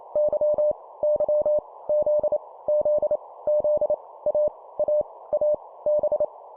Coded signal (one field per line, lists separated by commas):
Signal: Morse code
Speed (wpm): 28 wpm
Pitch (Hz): 600 Hz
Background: none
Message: Y Y Z Z Z A A A B